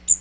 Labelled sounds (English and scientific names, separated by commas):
Magnolia Warbler (Setophaga magnolia) flight call